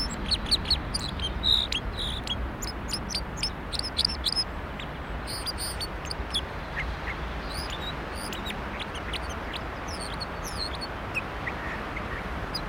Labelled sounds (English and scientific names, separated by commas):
Red Crossbill (Loxia curvirostra) song